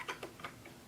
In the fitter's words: there's a small little Notch there that it just slides in and it should click right in there